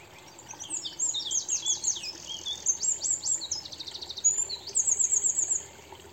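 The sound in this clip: Eurasian wren singing a long, very high, rapid burst of ticking notes and dry trills for about five seconds, closing with a bright reeling trill; soft background hiss throughout.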